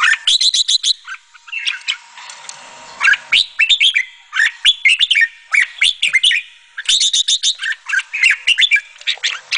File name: suara kutilang jambul